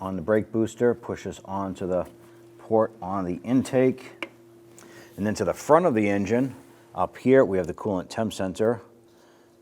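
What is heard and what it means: During exhaust manifold replacement on a 1997-2006 Jeep Wrangler, an electrical connector is handled at the coolant temperature sensor at the front of the engine while someone talks throughout. A faint, brief sound comes in a quiet pause at about 4.8 seconds. The clip ends before the connector snaps on, and nothing has seated or clicked yet.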